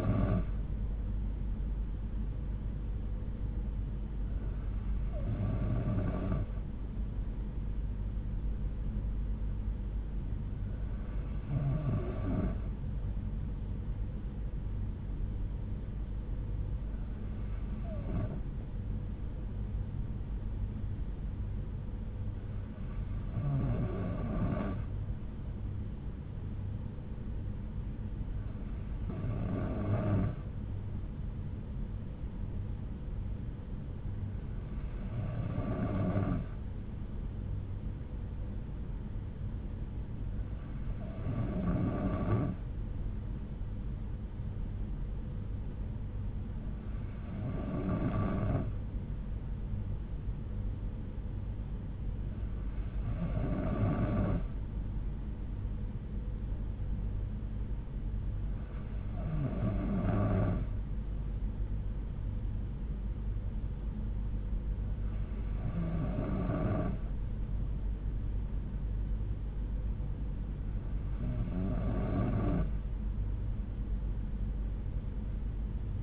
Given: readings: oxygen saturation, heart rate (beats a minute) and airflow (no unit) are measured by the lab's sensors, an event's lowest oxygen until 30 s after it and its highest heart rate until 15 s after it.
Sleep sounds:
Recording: breathing in sleep by a smartphone at the bedside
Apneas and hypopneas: none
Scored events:
none scored
From the record:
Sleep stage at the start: N3 (deep sleep)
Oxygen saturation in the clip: 92%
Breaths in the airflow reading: 13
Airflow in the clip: -5.8 to 3.6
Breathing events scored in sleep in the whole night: 368 in 8.0 hours asleep

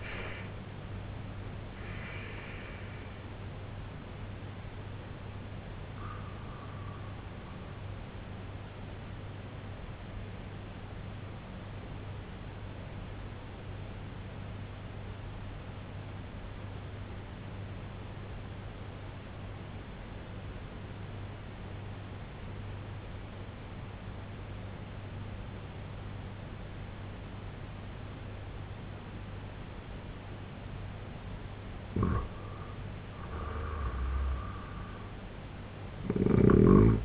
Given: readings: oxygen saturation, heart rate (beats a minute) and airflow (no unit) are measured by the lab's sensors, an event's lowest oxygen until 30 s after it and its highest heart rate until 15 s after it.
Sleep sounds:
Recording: breathing in sleep by a voice recorder at the bedside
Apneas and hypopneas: 1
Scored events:
11.00-32.90 s: obstructive apnea (N2, oxygen 95% highest, then 88% lowest, heart rate 66 at the start, 83 highest)
From the record:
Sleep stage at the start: N2 (light sleep)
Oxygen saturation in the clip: 86 to 95%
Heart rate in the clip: 64 to 96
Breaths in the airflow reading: 3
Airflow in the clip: -10.3 to 10.7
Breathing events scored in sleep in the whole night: 258 in 7.4 hours asleep

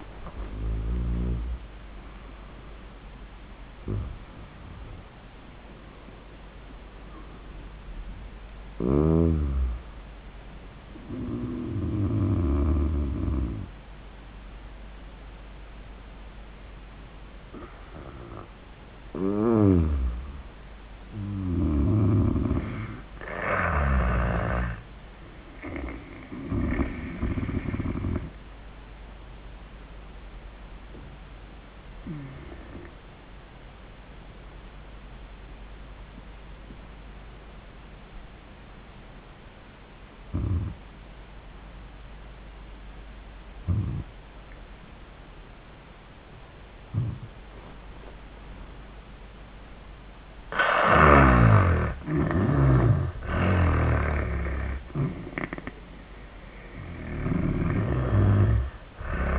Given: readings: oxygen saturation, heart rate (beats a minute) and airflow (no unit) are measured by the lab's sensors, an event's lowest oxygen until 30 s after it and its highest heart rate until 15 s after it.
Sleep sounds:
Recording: breathing in sleep by a voice recorder at the bedside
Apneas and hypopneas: 1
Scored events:
0.00-20.00 s: awake
14.00-59.39 s: new sleep stage, N1 (lightest sleep)
27.00-51.60 s: hypopnea (N1, oxygen 97% highest, then 79% lowest, heart rate 88 at the start, 92 highest)
From the record:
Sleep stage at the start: awake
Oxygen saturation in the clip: 73 to 98%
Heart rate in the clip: 82 to 100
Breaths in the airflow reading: 9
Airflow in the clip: -16.2 to 22.0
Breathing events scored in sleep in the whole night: 400 in 8.7 hours asleep

